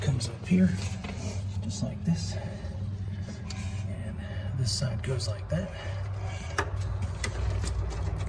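Someone talks while handling a new rear ABS wheel speed sensor on a 2005-2009 Ford Mustang, routing its electrical connector toward the vehicle harness plug, with a low steady hum and a few brief handling knocks near the end. Nothing has seated or clicked yet.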